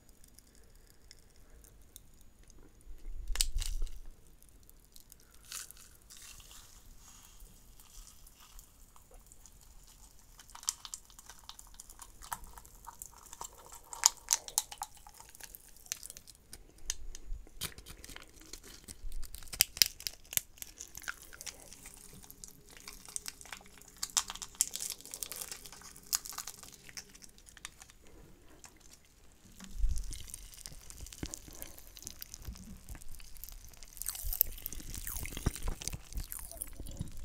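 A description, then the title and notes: Popping candy crackles in dense, bright bursts of tiny snaps, with louder crunches near 4 and 30 seconds and a brief hum midway. ASMR Layered Popping Candy (TINGLES).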